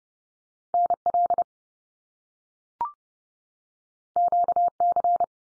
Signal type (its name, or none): Morse code